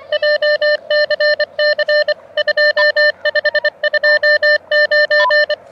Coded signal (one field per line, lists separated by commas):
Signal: Morse code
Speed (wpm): 26 wpm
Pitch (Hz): 600 Hz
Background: none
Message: JCC 2529